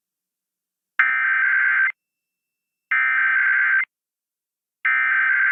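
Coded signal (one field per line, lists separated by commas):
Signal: Emergency Alert System (SAME) tones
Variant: header bursts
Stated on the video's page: Weekend EAS tests aired on an FM radio station.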